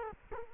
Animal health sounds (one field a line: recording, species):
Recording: mosquito wingbeat signal from an infrared sensor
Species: Culex quinquefasciatus